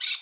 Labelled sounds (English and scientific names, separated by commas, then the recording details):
Brown-throated Parakeet (Eupsittula pertinax) contact call
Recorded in Curacao
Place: Hoffi Jan Thiel
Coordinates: 12.094, -68.877